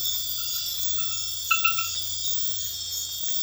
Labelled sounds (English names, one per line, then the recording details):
none
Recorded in secondary vegetation near Puerto Asís, Putumayo, Colombia, on 28 February 2025 at 23:30
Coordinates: 0.498, -76.327
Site G001